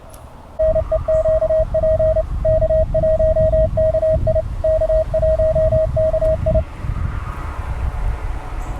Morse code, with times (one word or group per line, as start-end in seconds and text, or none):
0.6-2.2 NEQP
2.5-4.4 K1KI
4.6-6.6 K1KI